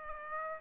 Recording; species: mosquito wingbeat signal from an infrared sensor; Aedes aegypti